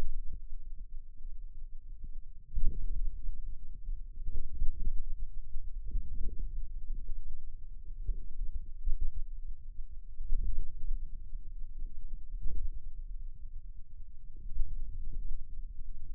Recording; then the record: forearm muscle sounds (acoustic myography)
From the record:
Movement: wrist extension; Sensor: system 2, bracelet of six BSWA MPA416 microphones around the upper forearm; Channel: 6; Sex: male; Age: 22 years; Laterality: right